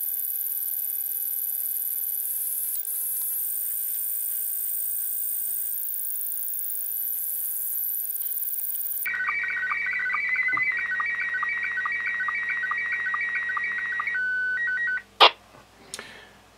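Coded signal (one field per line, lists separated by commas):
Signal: SSTV (slow-scan television)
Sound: quiet hum, then about five seconds of warbling high tone with rapid regular ticks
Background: radio hiss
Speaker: there you go so you can see that is uh sent uh from the the q900 to the uh Quon Shang and then the uh robot 36 app was just decoded on the Android mobile phone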